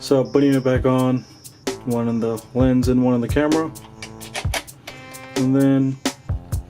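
Someone talks over background music while lining up the metal bayonet of an interchangeable lens with the body mount of a Panasonic Lumix GH3 mirrorless camera, ready to twist it until it locks. Brief handling taps occur around 4.0, 4.5, 4.9 and 6.3 s. The lens has not seated or clicked into place yet.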